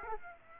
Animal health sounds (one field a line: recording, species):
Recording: mosquito wingbeat signal from an infrared sensor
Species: Aedes aegypti